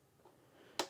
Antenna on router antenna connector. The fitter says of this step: twist and you hear click and then you just point it upwards and do the same